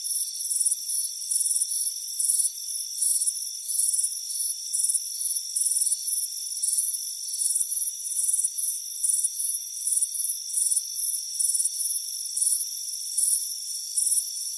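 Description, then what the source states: Cricket chirps pulse steadily in high, shrill bursts roughly twice a second over a constant high-pitched drone. Crickets chirping on a warm afternoon at a front porch.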